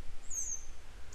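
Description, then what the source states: Grey wagtail call: one thin, high, drawn-out note that slides gently downward, then the brief start of another, against constant low-pitched background rumble. A pair of grey wagtails still searching for their young today; follow-up report.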